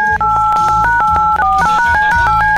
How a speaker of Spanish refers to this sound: Muy bien, tomo el teléfono. Empiezo a marcar en este momento.